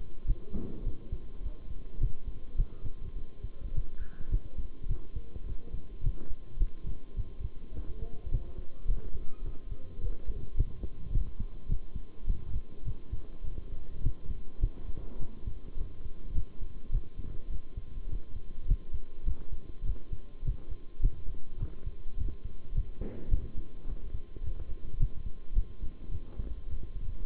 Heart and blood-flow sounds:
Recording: heart sounds by stethoscope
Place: between the tricuspid and mitral areas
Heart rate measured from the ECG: 105 bpm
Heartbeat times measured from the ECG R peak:
0.27 s: heartbeat
0.84 s: heartbeat
1.42 s: heartbeat
2.00 s: heartbeat
2.57 s: heartbeat
3.15 s: heartbeat
3.73 s: heartbeat
4.31 s: heartbeat
4.88 s: heartbeat
5.46 s: heartbeat
6.02 s: heartbeat
6.59 s: heartbeat
7.16 s: heartbeat
7.74 s: heartbeat
8.30 s: heartbeat
8.87 s: heartbeat
9.44 s: heartbeat
10.00 s: heartbeat
10.56 s: heartbeat
11.12 s: heartbeat
11.68 s: heartbeat
12.26 s: heartbeat
12.85 s: heartbeat
13.44 s: heartbeat
14.02 s: heartbeat
14.61 s: heartbeat
15.19 s: heartbeat
15.77 s: heartbeat
16.34 s: heartbeat
16.91 s: heartbeat
17.50 s: heartbeat
18.08 s: heartbeat
18.67 s: heartbeat
19.25 s: heartbeat
19.85 s: heartbeat
20.44 s: heartbeat
21.02 s: heartbeat
21.59 s: heartbeat
22.17 s: heartbeat
22.74 s: heartbeat
23.30 s: heartbeat
23.87 s: heartbeat
24.43 s: heartbeat
24.99 s: heartbeat
25.55 s: heartbeat
26.11 s: heartbeat
26.68 s: heartbeat
27.24 s: heartbeat
From the record:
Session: bicycle stress test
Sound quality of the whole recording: good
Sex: male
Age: 23 years

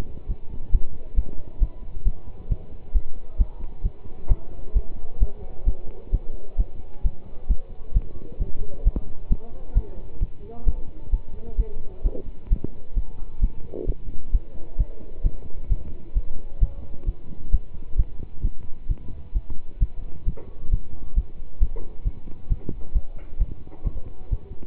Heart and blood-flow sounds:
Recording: heart sounds by stethoscope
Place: between the tricuspid and mitral areas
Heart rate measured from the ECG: 132 bpm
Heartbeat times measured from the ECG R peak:
0.27 s: heartbeat
0.71 s: heartbeat
1.15 s: heartbeat
1.59 s: heartbeat
2.04 s: heartbeat
2.49 s: heartbeat
2.93 s: heartbeat
3.37 s: heartbeat
3.83 s: heartbeat
4.28 s: heartbeat
4.73 s: heartbeat
5.19 s: heartbeat
5.65 s: heartbeat
6.11 s: heartbeat
6.57 s: heartbeat
7.03 s: heartbeat
7.47 s: heartbeat
7.93 s: heartbeat
8.38 s: heartbeat
8.84 s: heartbeat
9.28 s: heartbeat
9.74 s: heartbeat
10.20 s: heartbeat
10.65 s: heartbeat
11.10 s: heartbeat
11.56 s: heartbeat
12.03 s: heartbeat
12.49 s: heartbeat
12.94 s: heartbeat
13.40 s: heartbeat
13.86 s: heartbeat
14.31 s: heartbeat
14.77 s: heartbeat
15.23 s: heartbeat
15.68 s: heartbeat
16.13 s: heartbeat
16.60 s: heartbeat
17.05 s: heartbeat
17.51 s: heartbeat
17.96 s: heartbeat
18.42 s: heartbeat
18.88 s: heartbeat
19.33 s: heartbeat
19.79 s: heartbeat
20.25 s: heartbeat
20.70 s: heartbeat
21.14 s: heartbeat
21.59 s: heartbeat
22.04 s: heartbeat
22.49 s: heartbeat
22.93 s: heartbeat
23.38 s: heartbeat
23.83 s: heartbeat
24.30 s: heartbeat
From the record:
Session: pedaling a stationary bicycle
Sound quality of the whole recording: good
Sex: male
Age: 27 years

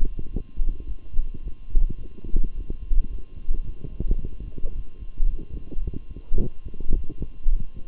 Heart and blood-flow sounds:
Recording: heart sounds by stethoscope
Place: between the tricuspid and mitral areas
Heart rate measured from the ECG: 108 bpm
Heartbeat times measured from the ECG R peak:
0.29 s: heartbeat
0.85 s: heartbeat
1.41 s: heartbeat
1.97 s: heartbeat
2.53 s: heartbeat
3.09 s: heartbeat
3.64 s: heartbeat
4.19 s: heartbeat
4.74 s: heartbeat
5.28 s: heartbeat
5.82 s: heartbeat
6.37 s: heartbeat
6.92 s: heartbeat
7.48 s: heartbeat
From the record:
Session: walking at 3.7 km/h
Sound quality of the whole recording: good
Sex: male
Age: 23 years

